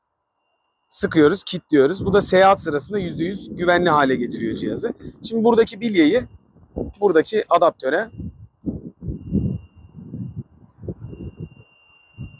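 Someone talks while the mounting arm's ball is lined up and pressed toward the adapter socket, followed by a few soft handling knocks and shuffles. The ball has not yet gone home, so nothing has seated or clicked yet.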